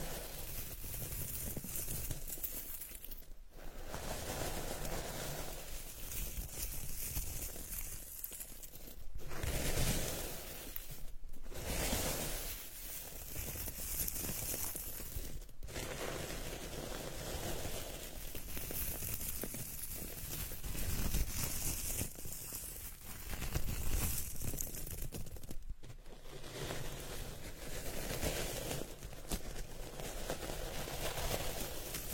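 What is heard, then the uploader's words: Dried petals are stirred and crushed in a dense, continuous rustle of crackling and crinkling that fills the whole range from low to bright. The texture churns steadily at an even level. Brief pauses break it near 3, 9, 11, 15 and 26 seconds. Dried Petals Stirred and Crushed.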